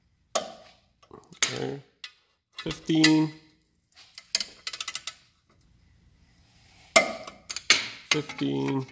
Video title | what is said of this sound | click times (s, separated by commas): How to replace a ball joint on VW Jetta Golf mk4 | that leads to 15 foot-pounds and you will hear it click on arrow we get there | 0.4 s